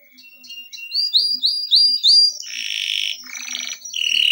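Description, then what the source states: Canary song beginning softly, then a few loud upslurred whistled notes followed by dense buzzy rolling trills. Canary song intended for training.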